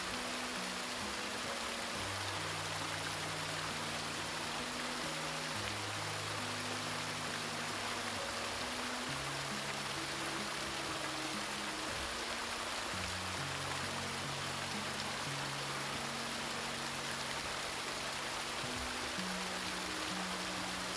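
A winding stream runs steadily through the whole clip, a dense, even hiss of water that never lets up. Underneath, soft low music moves in slow held tones, shifting every second or two in a gentle, unhurried pattern.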